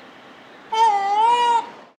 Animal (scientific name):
Pavo muticus